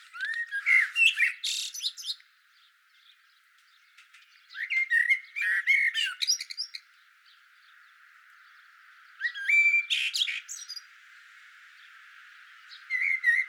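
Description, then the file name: Common blackbird song: bursts of low warbled phrases, each ending in high squeaky twitters, separated by pauses of a few seconds. "Turdus merula"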